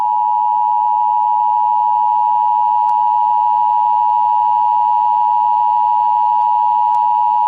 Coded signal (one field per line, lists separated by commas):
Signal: Emergency Alert System (SAME) tones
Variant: 853 and 960 Hz attention tone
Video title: Emergency Alert System- PA Black Friday Terrorist Attack Scenario